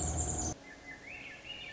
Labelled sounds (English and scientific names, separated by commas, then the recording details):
Swainson's Thrush (Catharus ustulatus)
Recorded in Sonoma County, California